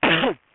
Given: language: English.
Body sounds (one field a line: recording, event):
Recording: throat vibration sensor signal played as sound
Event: cough